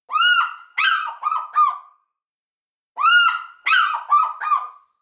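African fish eagle calling: a loud ringing yelping series, one long note then three shorter ones, repeated twice with a pause between.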